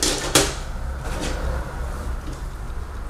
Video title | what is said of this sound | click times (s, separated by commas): HP DV9000 blank screen fix! Video problem BGA rework | Cd-Rom should click into place, and | 0.4 s